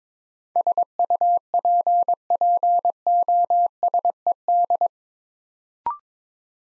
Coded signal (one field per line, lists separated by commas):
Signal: Morse code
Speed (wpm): 22 wpm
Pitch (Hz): 700 Hz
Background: none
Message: SUPPOSED